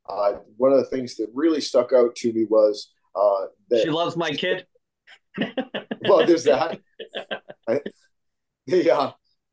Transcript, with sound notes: One of the things that really stuck out to me was that-- - She loves my kid. (laughing) - Well, there's that. Yeah,